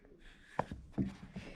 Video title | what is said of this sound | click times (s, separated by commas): How to Make Batman's METAL BATARANG !! | it snaps into place because of my magnet that i put underneath the fabric | 0.6 s